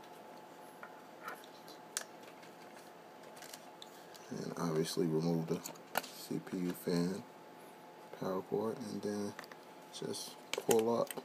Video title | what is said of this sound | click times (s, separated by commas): Remove Heat sink intel heatsink install proper way, How to remove CPU Fan Intel | turn all four to the left and you'll hear click and | 0.8 s, 2.0 s, 3.5 s, 3.8 s